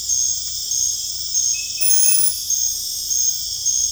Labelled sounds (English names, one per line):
none